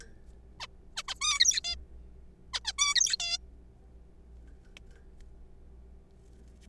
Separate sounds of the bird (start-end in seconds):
0.60-0.67, 0.97-1.02, 1.08-1.14, 1.22-1.60, 1.65-1.75, 2.54-2.60, 2.65-2.73, 2.78-2.94, 2.96-3.16, 3.20-3.38